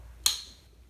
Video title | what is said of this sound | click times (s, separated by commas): Torque Wrench Secrets toTest & Calibrate | gradualmente ahora bien ella hizo clic! Hizo clic en 46. | 0.3 s